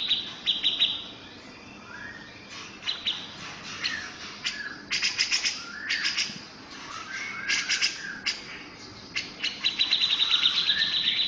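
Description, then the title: Grey-cheeked bulbul calling in scratchy, squawking chirps mixed with short rattled trills, delivered in uneven clusters with brief pauses between them. "Cucak Jenggot"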